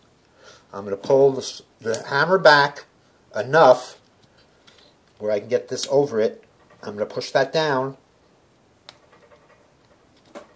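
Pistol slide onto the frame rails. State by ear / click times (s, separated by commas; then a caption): not seated / none. During reassembly of a small Seecamp .32 ACP pistol, the hammer is held back while the steel slide is pushed down onto the frame rails. Someone talks through most of the clip, with a few faint handling ticks in the pauses. The slide has not seated or clicked into the rail yet.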